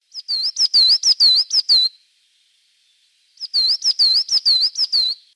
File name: Coal Tit song